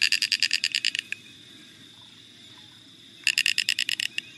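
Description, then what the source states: Snail Kite calling: a rapid chattering run of sharp, dry notes lasting about a second, a pause of about two seconds, then a similar chattering burst. Endangered wetland bird of the Everglades, in the United States found only in South Florida; feeds only on the apple snail.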